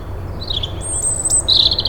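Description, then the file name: European robin song: a brief fragment of thin, very high whistles and a fast trill over low background rumble. "Erithacus rubecula"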